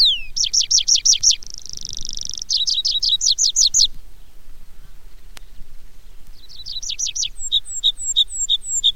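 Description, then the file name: Tree pipit song: fast repeated notes, a short buzzy stretch, more rapid notes, a pause, then a new trill and a row of high, thin notes. "baumpieper"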